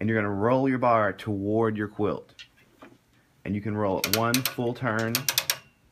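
Someone talks while the roller bar on a Momentum quilting frame is rolled one full turn toward the quilt, and sharp ratchet-like clicks sound from about 4.0 s, with the loudest at 5.5 s. The clip ends before the bar's ratchet pawl catches, so nothing has clicked into place yet.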